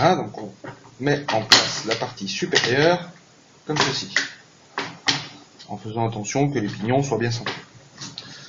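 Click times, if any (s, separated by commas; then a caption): 8.2 s. An upper part is fitted onto a geared base assembly, taking care that the gears mesh, while someone talks. It engages with a short, sharp click at 8.2 seconds and is seated.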